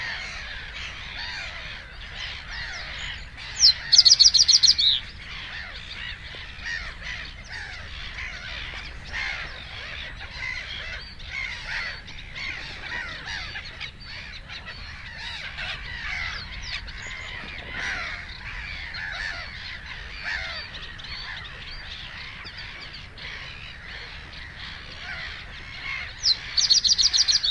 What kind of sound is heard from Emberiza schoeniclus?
song